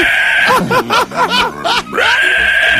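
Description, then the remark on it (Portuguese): A pig squeals loudly and shrilly, a sustained piercing cry broken in the middle by a rapid run of wavering, rising-and-falling squeals before the steady shriek resumes. “O porco, gente. Muito bom ter porquinho”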